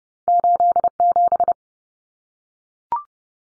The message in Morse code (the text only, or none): 87